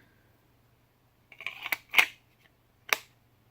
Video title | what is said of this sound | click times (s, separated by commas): Mora Bushcraft, Mora Companion, Hults Bruk and Gransfors Bruk Sheaths | got a nice little click going in it's very secure it's not rattling around | 2.9 s